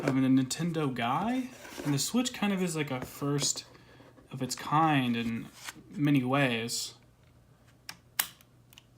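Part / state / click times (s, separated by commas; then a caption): detachable controller onto handheld game console side rail / seated / 8.2 s. Someone talks while the second detachable controller is slid onto the opposite side rail of a Nintendo Switch handheld game console. A sharp click at 8.2 s marks the controller seating in place, followed by a few faint ticks.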